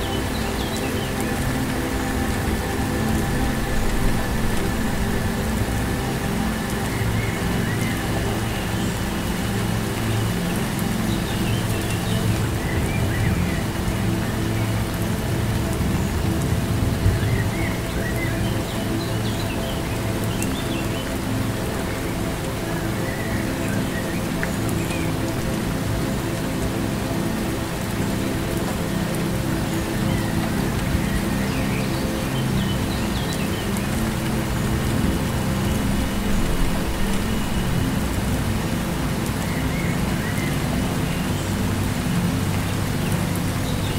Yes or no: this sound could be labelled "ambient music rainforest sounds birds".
yes